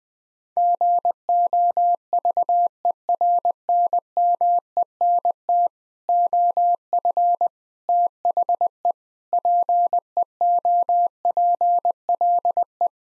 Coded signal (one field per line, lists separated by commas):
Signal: Morse code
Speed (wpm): 20 wpm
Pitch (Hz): 700 Hz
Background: none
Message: GOVERNMENT OF THE PEOPLE